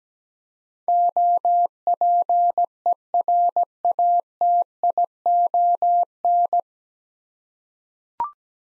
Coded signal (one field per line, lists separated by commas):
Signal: Morse code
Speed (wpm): 17 wpm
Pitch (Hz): 700 Hz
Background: none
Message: OPERATION